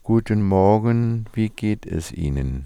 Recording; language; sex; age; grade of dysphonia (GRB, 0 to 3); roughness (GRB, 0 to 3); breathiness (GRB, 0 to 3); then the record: spoken sentence; German; male; 50 to 59 years; 1; 1; 0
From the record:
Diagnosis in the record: cordectomy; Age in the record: 52 years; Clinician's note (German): Zustand nach partieller Chordektomie